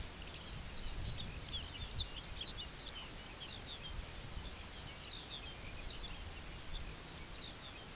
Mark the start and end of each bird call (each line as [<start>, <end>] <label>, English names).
[0.07, 7.94] Lapland Longspur